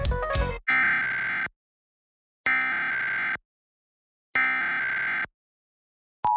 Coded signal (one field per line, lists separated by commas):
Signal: Emergency Alert System (SAME) tones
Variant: header bursts